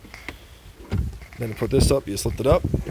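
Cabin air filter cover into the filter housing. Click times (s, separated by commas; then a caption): 0.1 s, 0.3 s. On a 2012 Honda Accord, after the cabin air filter is slid back into its housing behind the glove box, the plastic filter cover is pushed in and snaps shut with two sharp clicks at 0.1 s and 0.3 s, seating it in the filter housing. Someone then talks.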